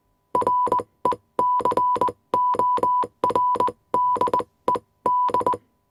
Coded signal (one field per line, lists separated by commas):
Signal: Morse code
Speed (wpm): 20 wpm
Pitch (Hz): 990 Hz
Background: none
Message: RECORDED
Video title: 🆓[FREE]🔊Transmisión de código Morse |Efecto de sonido|